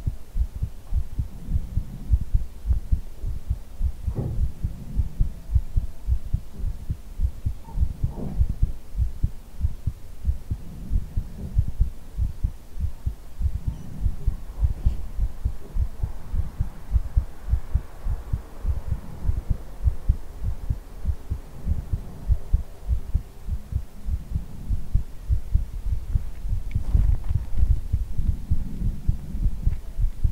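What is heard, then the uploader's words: A heartbeat thumps low and steady throughout, with soft rushing blowing swells around the middle, a faint hum and occasional brief clicks. ASMR hugging your head - heartbeat with ear blowing.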